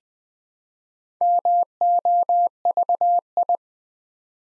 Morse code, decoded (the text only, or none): MOVI